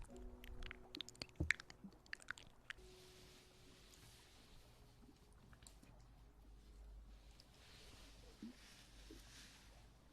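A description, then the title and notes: An ear massage: busy crackling, squishing clicks fill the first three seconds over a faint low hum. After that the sound settles into softer, slower rubbing swishes, with airy brushing strokes rising around the fourth and ninth seconds. TimASMR - Ear Massage for Sleep and Tingling.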